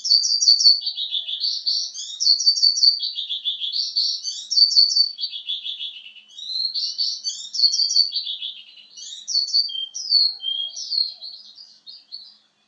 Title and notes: Suara Kicauan Burung untuk memaster burung kesayangan